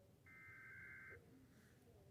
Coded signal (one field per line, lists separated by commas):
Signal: Emergency Alert System (SAME) tones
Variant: header bursts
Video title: Rating EAS alarms because I'm late.